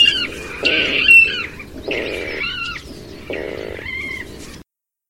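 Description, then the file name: Water rail uttering three rough, grunting squeals in succession, each about a second long with wobbling higher tones, then silence. "Rallus aquaticus sequence"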